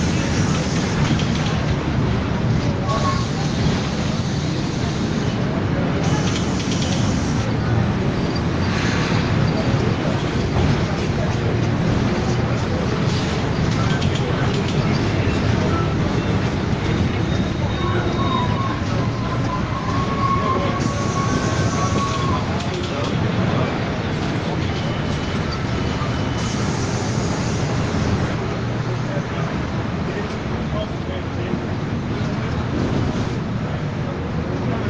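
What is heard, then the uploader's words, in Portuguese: A bus ride through Pelotas, with a steady low rumble of the engine and road filling the whole recording at an even loudness. Faint voices come and go beneath it, and brief higher squeaks and rattles surface now and then, around 20 seconds especially. Volta de ônibus por Pelotas.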